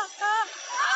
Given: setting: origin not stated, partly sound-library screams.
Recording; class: one-second piece from a danger detection set; woman in danger